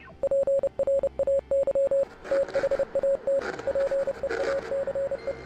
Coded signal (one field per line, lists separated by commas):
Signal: Morse code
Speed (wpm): 30 wpm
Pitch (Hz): 550 Hz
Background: radio noise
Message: PRAY THAT PEACE